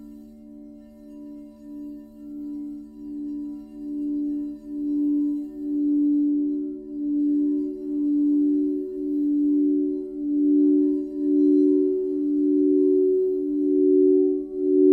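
A crystal singing bowl rings with a steady, pure tone, its sound pulsing in a slow, regular wobble about twice a second. The ring starts soft and swells gradually over the fifteen seconds, growing louder toward the end, with a faint low hum underneath.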